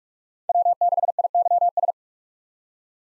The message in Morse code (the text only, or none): W6IYS